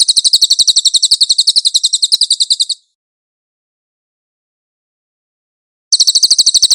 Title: SUARA BURUNG CILILIN